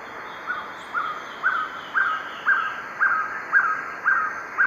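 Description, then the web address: Violaceous trogon singing an even run of brief mellow cow notes, roughly twice a second, with a steady high drone behind. Song; eastern lowlands of South America. "Natures Songs S America Eastern Lowlands Trogon violaceus, song"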